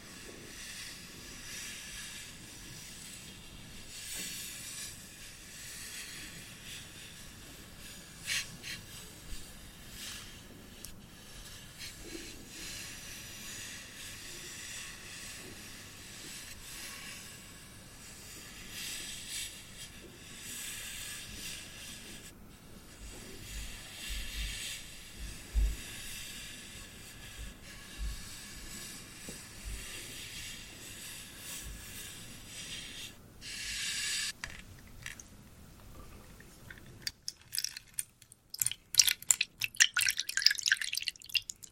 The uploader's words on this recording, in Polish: Drewniana zupa IDEALNE NA SEN ASMR po polsku!